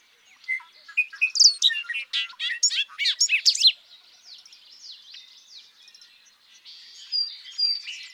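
Bobolink song, a fast run of loud, metallic, jangling notes leaping between pitches, trailing into softer bubbling twitters and a final burst.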